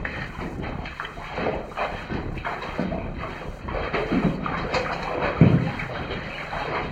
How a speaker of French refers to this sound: nous aurons passé plus facilement, simplement en pataugeant un peu en de l'eau jusqu'au genou